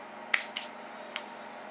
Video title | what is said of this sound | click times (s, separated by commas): Setting Up Dual Monitors On One Desktop PC | and then close this back up back here and it's locked into place | 0.3 s